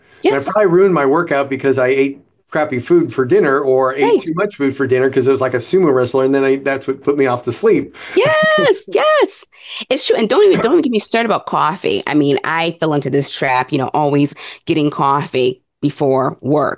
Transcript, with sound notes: And I probably ruined my workout because I ate crappy food for dinner or ate-
Right.
... too much food for dinner 'cause it was like a sumo wrestler and then I- that's what put me off to sleep. (laughs)
Yes! Yes! It's true. And don't even- don't even get me started about coffee. I mean, I fell into this trap, you know, always getting coffee before work.